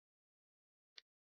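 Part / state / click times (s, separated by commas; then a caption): wire terminal into a headlight harness connector / not seated / none. A wire terminal is pushed into a headlight harness connector while the headlight sub-harness for the front apron of a 1955 Triumph TR2 is being assembled. The clip is otherwise silent, with one brief, sharp handling sound at 0.98 s. Nothing has seated or clicked in yet.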